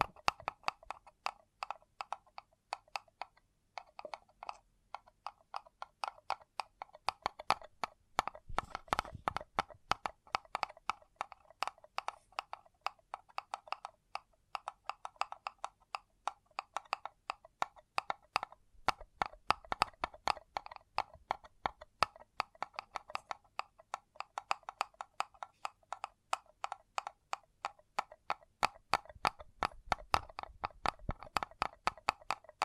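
A paper cup is tapped and scratched in a fast, irregular stream of crisp clicks that runs without pause for the whole stretch. The taps ring in a papery middle register, with heavier, duller knocks clustering around 8–10, 19–20 and 29–31 seconds.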